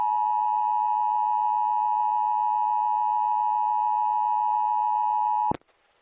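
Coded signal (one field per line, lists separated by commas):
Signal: Emergency Alert System (SAME) tones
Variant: 853 and 960 Hz attention tone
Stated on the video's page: Real immediate evacuation alert aired on an AM station, audio taken from the station's stream.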